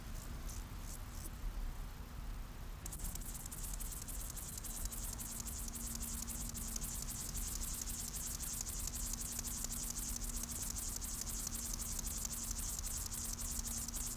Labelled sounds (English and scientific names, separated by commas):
Upland Field Grasshopper (Chorthippus apricarius) stridulation